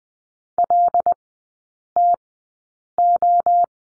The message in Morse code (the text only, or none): LTO